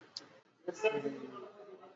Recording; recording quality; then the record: sustained vowel as in made; moderate, slight background noise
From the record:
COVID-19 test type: RT-PCR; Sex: male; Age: 33 years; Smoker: no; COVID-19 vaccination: both doses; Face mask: worn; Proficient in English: yes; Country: India